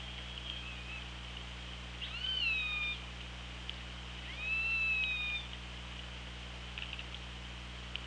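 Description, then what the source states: Orca calls: two drawn-out tonal calls about a second long with strong overtones, over a steady underwater hiss and low hum. Recorded on an OrcaLab hydrophone, 24 August 2017, about 17:19.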